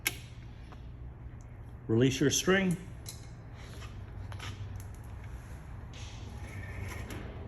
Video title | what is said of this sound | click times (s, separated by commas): How to install fender seat nut kit | Locks into place with the string tight. Clip it on. | 0.1 s